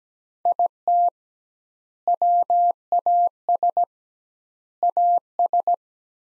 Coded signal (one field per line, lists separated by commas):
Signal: Morse code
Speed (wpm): 17 wpm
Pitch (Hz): 700 Hz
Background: none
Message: IT WAS AS